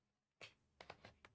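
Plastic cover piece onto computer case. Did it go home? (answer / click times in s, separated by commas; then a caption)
no / none. A plastic cover piece is handled onto a computer case while the computer is being reassembled after a repair; the cover is one that snaps into place without needing a screw. After a quiet start, a broad scrape or rustle comes at about 0.4 s, followed by short, sharp plastic taps at about 0.8, 0.9, 1.1 and 1.2 s. The clip ends before the cover goes home, so nothing has seated or clicked yet.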